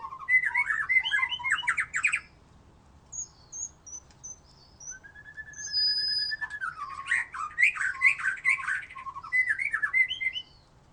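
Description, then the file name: White-rumped shama singing a fast jumble of chattering notes, then a quiet pause with thin high whistles, before a long level whistle leads into more rapid, scratchy phrases. "murai batu"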